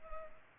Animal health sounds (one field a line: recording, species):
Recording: mosquito wingbeat signal from an infrared sensor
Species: Culex pipiens